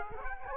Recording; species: mosquito wingbeat signal from an infrared sensor; Culex quinquefasciatus